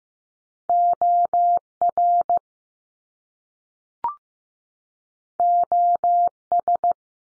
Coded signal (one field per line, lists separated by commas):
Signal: Morse code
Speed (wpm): 15 wpm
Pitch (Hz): 700 Hz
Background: none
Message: O R O S